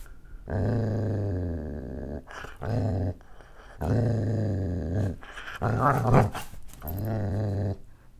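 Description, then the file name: Dog giving deep, throaty growls in five separate bursts lasting from about half a second to nearly two seconds, some rougher and more snarling near the end. "dog-growl"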